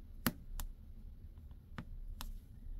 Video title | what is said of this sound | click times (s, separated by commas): Mushy's Guide to Rulers! | snaps in place | 0.3 s, 0.6 s, 1.8 s, 2.2 s